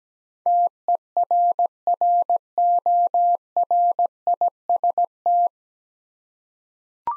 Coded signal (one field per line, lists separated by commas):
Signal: Morse code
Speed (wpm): 17 wpm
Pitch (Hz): 700 Hz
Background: none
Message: TERRORIST